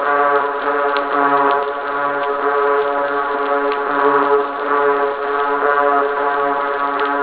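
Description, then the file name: Fish chorus: a dense, continuous droning hum of many overlapping low tones, with a rhythmic lower pulsing and occasional brief clicks. Chorus of an unidentified fish species, recorded in 2017. "Parsons M-2017 Unknown-sp Chorus"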